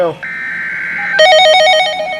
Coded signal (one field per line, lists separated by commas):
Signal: Emergency Alert System (SAME) tones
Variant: header bursts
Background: speech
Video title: EAS #159 - Severe Thunderstorm Warning